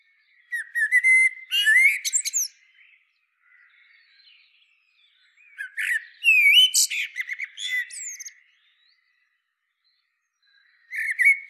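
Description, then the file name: Common blackbird song in bursts: a mellow whistled phrase followed by high scratchy twittering, repeated a few times with quiet gaps between. "Turdus merula"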